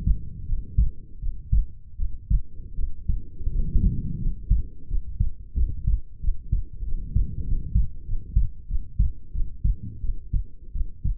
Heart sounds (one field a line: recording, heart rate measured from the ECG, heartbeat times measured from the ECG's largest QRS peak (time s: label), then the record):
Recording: heart sounds by stethoscope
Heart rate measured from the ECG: 88 bpm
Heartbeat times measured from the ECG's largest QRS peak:
0.46 s: heartbeat
1.19 s: heartbeat
1.97 s: heartbeat
2.75 s: heartbeat
3.50 s: heartbeat
4.19 s: heartbeat
4.87 s: heartbeat
5.55 s: heartbeat
6.20 s: heartbeat
6.84 s: heartbeat
7.44 s: heartbeat
8.05 s: heartbeat
8.67 s: heartbeat
9.32 s: heartbeat
10.01 s: heartbeat
10.72 s: heartbeat
From the record:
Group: healthy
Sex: female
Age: 22 years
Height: 160 cm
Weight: 45 kg